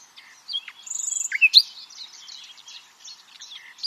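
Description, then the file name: Common nightingale song: a rapid, high rattle of repeated notes, a few sharp louder notes, then a jumble of quieter twittering. "Luscinia megarhynchos"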